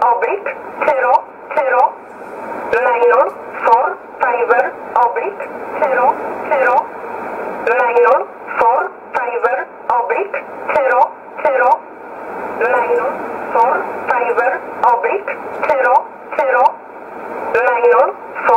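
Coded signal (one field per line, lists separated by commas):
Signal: numbers station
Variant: E11 Oblique, English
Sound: a voice reading short single words at an even pace, about 18 in total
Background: radio static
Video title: 03 06 2020 E11 Oblique Numbers station in English 0641 on 15800 unknown tx site in USB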